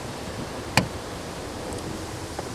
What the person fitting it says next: You can kind of feel it and hear it when it snaps into place.